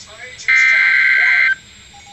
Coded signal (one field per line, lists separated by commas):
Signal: Emergency Alert System (SAME) tones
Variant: header bursts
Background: speech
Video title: Severe Thunderstorm Warning (EAS #256)